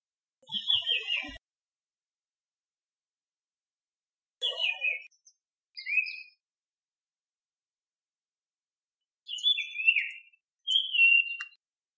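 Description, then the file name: Iora song in five short bursts of descending, slurred whistles, separated by pauses of varying length. Song type C. "Iora C-Song Sun Chong Hong"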